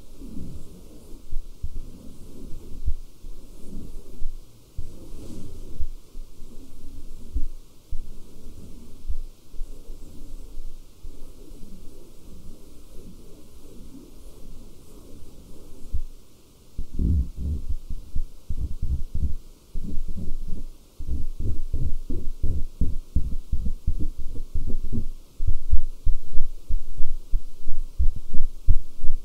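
Fabric is scratched in dense, rapid low strokes, softer and busier early, then louder, sharper bursts after about seventeen seconds.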